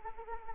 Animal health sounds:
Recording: mosquito wingbeat signal from an infrared sensor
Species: Anopheles arabiensis

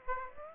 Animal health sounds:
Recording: mosquito wingbeat signal from an infrared sensor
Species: Aedes aegypti

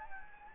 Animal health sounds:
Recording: mosquito wingbeat signal from an infrared sensor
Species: Anopheles gambiae

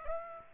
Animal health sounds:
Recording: mosquito wingbeat signal from an infrared sensor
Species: Aedes aegypti

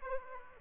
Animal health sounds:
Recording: mosquito wingbeat signal from an infrared sensor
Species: Aedes aegypti

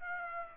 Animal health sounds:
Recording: mosquito wingbeat signal from an infrared sensor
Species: Aedes aegypti

